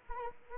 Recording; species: mosquito wingbeat signal from an infrared sensor; Anopheles arabiensis